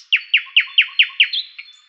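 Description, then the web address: Bird giving a quick series of sharp, down-slurred chirps, fading at the end. "Dirt-Samples birds"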